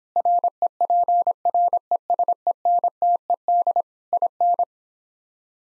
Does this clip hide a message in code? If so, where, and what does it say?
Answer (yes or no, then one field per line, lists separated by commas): yes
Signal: Morse code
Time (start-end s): 0.2-4.6 s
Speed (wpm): 26 wpm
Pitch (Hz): 700 Hz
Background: none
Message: REPRESENTED IN